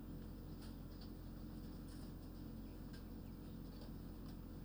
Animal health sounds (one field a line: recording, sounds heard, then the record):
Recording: poultry house recording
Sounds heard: healthy chickens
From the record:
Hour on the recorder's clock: 21